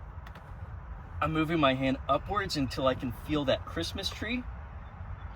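On a Fisker Ocean, the red plastic position lock on a wiring harness connector is pressed in by hand after the connector gate has been rotated and clicked. Two short clicks at 0.3 s and 0.4 s mark the red lock snapping in, and the connector is seated. Someone then talks over a quiet background hum.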